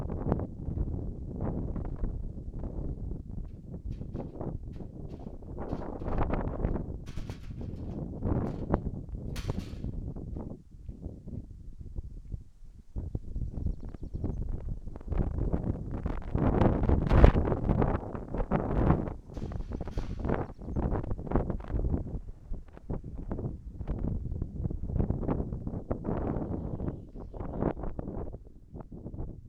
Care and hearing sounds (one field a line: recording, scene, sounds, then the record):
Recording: everyday scene through a hearing-aid microphone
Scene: wind on the microphone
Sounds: wind, other noises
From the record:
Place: in front of a rural house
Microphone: behind the ear, right, front